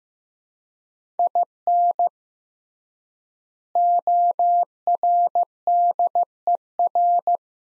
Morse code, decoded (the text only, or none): IN ORDER